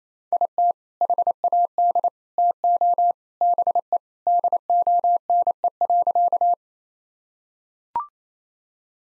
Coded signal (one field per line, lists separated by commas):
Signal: Morse code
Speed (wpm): 28 wpm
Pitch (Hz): 700 Hz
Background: none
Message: IT HAD TO BE DONE.